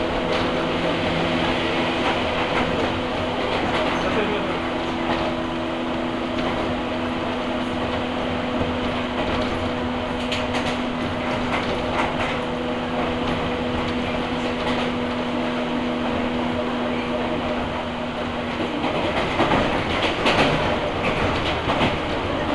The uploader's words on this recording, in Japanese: 近江鉄道 高宮→彦根→八日市。高宮での待ち時間が長いこともあって一旦彦根まで戻り、再び本線に戻って八日市へと向かいます。